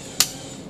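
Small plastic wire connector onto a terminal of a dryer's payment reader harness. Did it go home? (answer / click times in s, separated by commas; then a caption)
yes / 0.2 s. A small plastic wire connector, the third one, is pushed onto its terminal on the payment reader harness while a FasCard card payment system is fitted into a Huebsch coin-operated dryer. A single sharp, bright click sounds at 0.2 s against a quiet background. The connector is seated.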